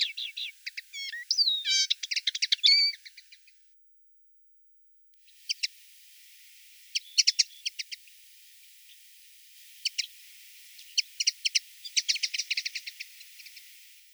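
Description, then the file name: Common linnet song: a quick burst of twitters and bent whistles, a short silence, then scattered chirps building into looser twittering phrases. "konoplyanka obyknovennaya golos"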